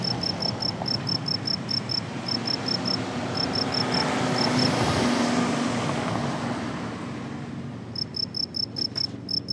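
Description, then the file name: Cricket song of quick high chirps, drowned for several seconds midway by a swelling broad noise, then returning clearly at the end. "grillon"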